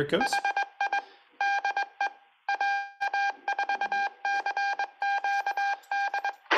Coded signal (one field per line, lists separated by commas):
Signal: Morse code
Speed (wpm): 20 wpm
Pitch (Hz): 800 Hz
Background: speech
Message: HI DE AA4CQD